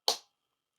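A red color-coded plastic side brush is pressed onto its post on the underside of a flipped-over Eureka E20 Plus bagless self-emptying robot vacuum. A single sharp snap is heard at 0.1 s, fading within about two tenths of a second, followed by silence. The brush clicks into place and is seated.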